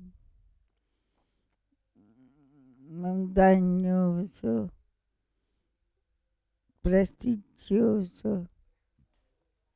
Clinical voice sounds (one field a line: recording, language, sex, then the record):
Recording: read list of words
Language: Italian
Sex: female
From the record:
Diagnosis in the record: Parkinson's disease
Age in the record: 65 years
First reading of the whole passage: 242 s, 2.1 characters per second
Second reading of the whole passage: 180 s, 2.9 characters per second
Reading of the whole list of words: 168 s, 1.7 characters per second